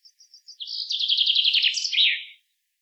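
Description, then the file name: Common chaffinch song: a few thin high notes, then a descending trill of rapid repeated notes ending in a brief flourish, lasting about two seconds. "Fringilla coelebs"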